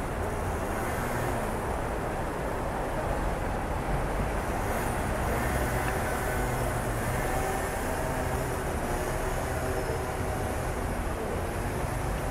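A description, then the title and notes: A city at night, heard as a steady, dense rumble of traffic that barely changes over the twelve seconds. The sound sits mostly low and muddy, with a faint hiss above, suggesting vehicles or a train passing somewhere. CITY AMBIENCE AT NIGHT. The sounds of the city at night, with an emphasis on ambient noise.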